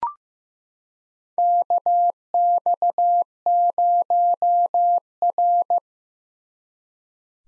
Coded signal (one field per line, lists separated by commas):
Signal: Morse code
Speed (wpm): 15 wpm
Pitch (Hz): 700 Hz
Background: none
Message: KX0R